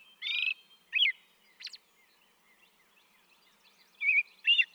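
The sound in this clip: American robin: a buzzy note, a whistled syllable and a thin high squeak, then two carol-like whistled notes near the end.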